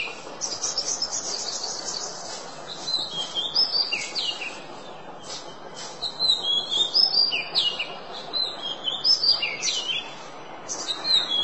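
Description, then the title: Oriental magpie-robin: songbird singing varied whistled and chattering phrases in short bursts separated by brief pauses, over constant low background noise. "Kacer"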